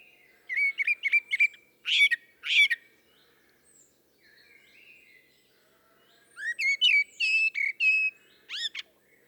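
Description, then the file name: Common blackbird giving rich fluting phrases mixed with high squeaky twittering, a pause of a few seconds, then a second, longer warbling phrase. "Turdus merula"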